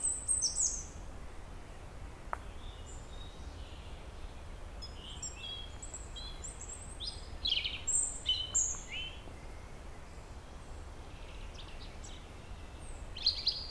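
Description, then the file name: European robin giving scattered high, thin warbled phrases with sliding whistles and trills, separated by short pauses, over steady low background rumble. "Erithacus rubecula"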